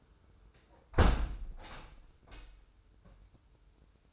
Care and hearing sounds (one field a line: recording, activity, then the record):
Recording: daily activity, microphone in the room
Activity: close window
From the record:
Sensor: 2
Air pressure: 995.6 hPa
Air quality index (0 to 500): 86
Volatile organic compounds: 4 ppm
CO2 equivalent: 1551 ppm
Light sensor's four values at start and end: 24/76/30/29 and 24/76/30/29